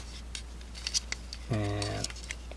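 A plastic tab on a Transformers FOC Grimlock robot action figure is being pushed toward its slot during transformation, with short sharp plastic taps and handling clicks scattered through the clip while someone talks. The tab has not seated or clicked into place yet.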